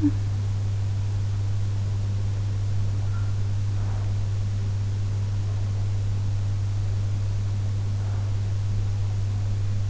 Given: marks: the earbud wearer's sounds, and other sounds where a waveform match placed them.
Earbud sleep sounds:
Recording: sounds in sleep by an in-ear microphone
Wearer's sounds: talking in sleep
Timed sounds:
0.00-0.17 s: talking in sleep

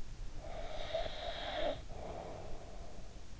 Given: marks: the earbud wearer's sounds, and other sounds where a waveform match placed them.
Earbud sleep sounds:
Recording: sounds in sleep by an in-ear microphone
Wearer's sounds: breath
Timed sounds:
0.03-3.40 s: breath

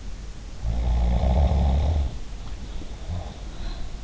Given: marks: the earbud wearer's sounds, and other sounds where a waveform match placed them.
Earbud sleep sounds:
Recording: sounds in sleep by an in-ear microphone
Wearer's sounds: snoring breath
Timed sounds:
0.47-3.53 s: snoring breath
3.44-4.04 s: sound from someone else or the room

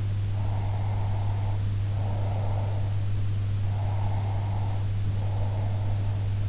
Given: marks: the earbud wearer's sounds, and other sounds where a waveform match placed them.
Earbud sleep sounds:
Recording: sounds in sleep by an in-ear microphone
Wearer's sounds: breath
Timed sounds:
0.33-2.93 s: breath
3.70-6.24 s: breath

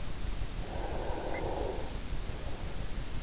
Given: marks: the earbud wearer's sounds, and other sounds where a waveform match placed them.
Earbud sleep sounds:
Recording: sounds in sleep by an in-ear microphone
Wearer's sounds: snoring breath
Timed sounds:
0.72-3.10 s: snoring breath

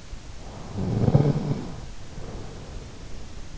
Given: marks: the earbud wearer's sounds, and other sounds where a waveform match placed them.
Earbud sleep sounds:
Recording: sounds in sleep by an in-ear microphone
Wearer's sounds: snoring breath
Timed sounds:
0.41-3.53 s: snoring breath

